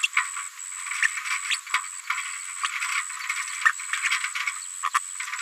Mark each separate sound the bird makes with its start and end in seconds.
0.03-0.07, 1.02-1.07, 1.50-1.56, 3.65-3.71, 4.46-4.50, 4.94-4.99